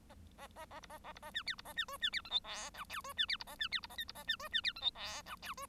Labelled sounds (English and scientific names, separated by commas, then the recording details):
Bengalese Finch (Lonchura striata domestica) song
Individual Bird1